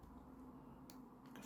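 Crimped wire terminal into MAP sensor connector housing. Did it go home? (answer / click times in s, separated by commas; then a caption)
yes / 0.9 s, 1.4 s. A crimped blue/yellow signal wire terminal is pushed into the middle cavity (B) of a plastic 3-bar MAP sensor connector housing for a Mazda Miata MX-5 NC turbo build. Two short clicks are heard at 0.9 s and 1.4 s over a steady low hum as the terminal locks in. The terminal is seated.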